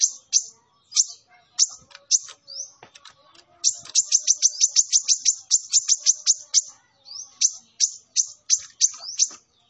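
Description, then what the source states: Sunbird song: a lively series of high piercing chirps, quickening into a rapid run, then spacing out again. Indonesian training (masteran) song of a Kolibri Ninja singing energetically (gacor), with full fills (isian) and 'tembakan' bursts; meant as a lure for other birds.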